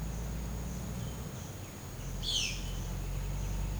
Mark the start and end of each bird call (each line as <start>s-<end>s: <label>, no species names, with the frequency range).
2.12s-2.71s: bird call (1.5-8.0 kHz)